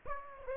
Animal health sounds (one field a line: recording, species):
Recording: mosquito wingbeat signal from an infrared sensor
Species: Aedes aegypti